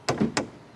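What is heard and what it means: The rear cargo door of a 2011 Mercedes Sprinter van is swung fully open and hooked onto the hold-open magnet on the outside of the van body. Two sharp knocks are heard as it catches, at 0.1 s and 0.4 s. The door seats on the magnet and stays held open.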